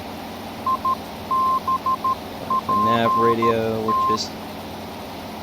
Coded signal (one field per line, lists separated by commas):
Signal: Morse code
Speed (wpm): 13 wpm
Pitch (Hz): 1050 Hz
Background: speech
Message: IBPT